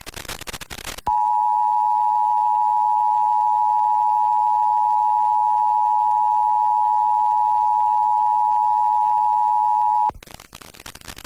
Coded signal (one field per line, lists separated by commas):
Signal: Emergency Alert System (SAME) tones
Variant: 853 and 960 Hz attention tone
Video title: IPAWS Weekly Test (11/21/22)(EAS 1290)